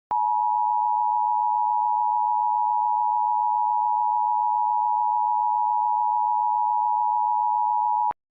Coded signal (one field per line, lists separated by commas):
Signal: Emergency Alert System (SAME) tones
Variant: 853 and 960 Hz attention tone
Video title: EAS Mock 8: Minnesota RMT